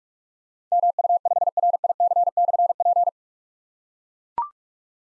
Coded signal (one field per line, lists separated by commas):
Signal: Morse code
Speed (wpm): 44 wpm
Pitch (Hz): 700 Hz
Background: none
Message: MU5RIC/P